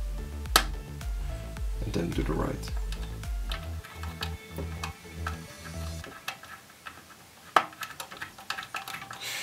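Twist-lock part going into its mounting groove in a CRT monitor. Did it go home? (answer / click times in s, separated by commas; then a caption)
yes / 0.6 s. During reassembly of an Intergraph Interview 28HD96 CRT monitor, a twist-lock part is turned counterclockwise and pressed lightly until it clicks once into its mounting groove at 0.6 s, before being turned to the right to attach it. Someone talks over background music, and another sharp hit sounds at about 7.6 s. The part is seated in its groove.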